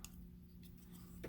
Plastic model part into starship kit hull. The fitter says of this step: is that snapper right place snapped right in the Snapper